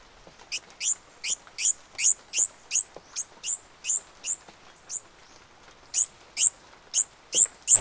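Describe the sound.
Bird calls, high thin downslurred notes repeated rapidly, with a brief pause before the series resumes louder.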